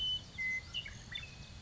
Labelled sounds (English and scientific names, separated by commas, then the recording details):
Western Meadowlark (Sturnella neglecta)
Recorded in Sonoma County, California